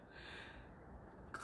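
A small red plastic shot glass is pressed into the plastic basket cup of a home hydroponics unit, where it keeps water from splashing out. A low, steady hiss fills the first part of the clip, then a short, bright pop sounds at 1.3 seconds as the shot glass snaps into the basket and seats.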